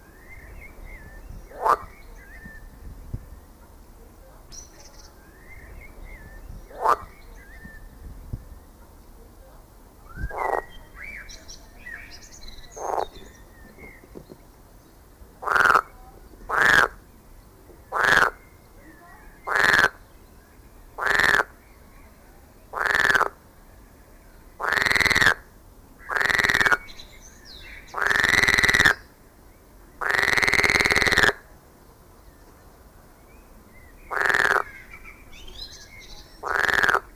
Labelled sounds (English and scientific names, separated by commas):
Edible Frog (Pelophylax esculentus)